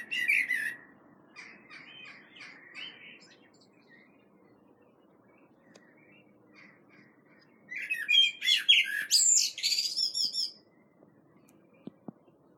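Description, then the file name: Common blackbird song: a warble and some quieter notes at the start, a pause, then a fuller, louder fluted phrase with a squeaky, chattering end. "Turdus merula"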